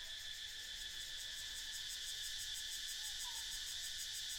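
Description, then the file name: Cicadas keep up an unbroken shrill buzzing with a quick throbbing rhythm, and one faint downward-slurred note sounds past the middle. "freesound cicadas"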